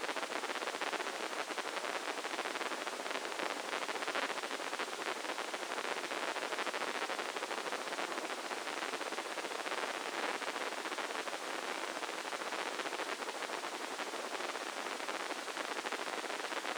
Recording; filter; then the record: brain microelectrode recording played as sound; spike band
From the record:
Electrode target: subthalamic nucleus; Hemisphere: left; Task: reaching with the right hand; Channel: 1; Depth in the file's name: 2.977 mm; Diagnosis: Parkinson's disease